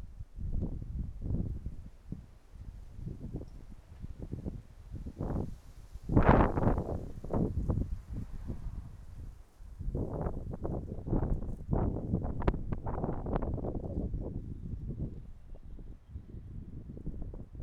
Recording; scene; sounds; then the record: everyday scene through a hearing-aid microphone; wind on the microphone; wind, traffic, birds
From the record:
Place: suburban garden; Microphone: behind the ear, right, front